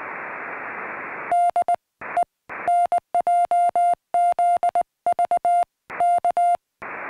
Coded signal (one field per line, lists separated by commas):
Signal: Morse code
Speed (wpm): 20 wpm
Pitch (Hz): 700 Hz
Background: music, radio noise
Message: DE NJZV K